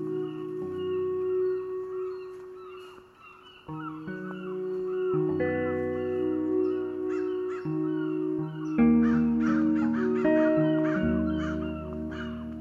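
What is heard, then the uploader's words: At the Nestucca Bay National Wildlife Refuge, crows caw repeatedly over steady, low held tones that shift pitch every few seconds. The Nestucca Bay National Wildlife Refuge.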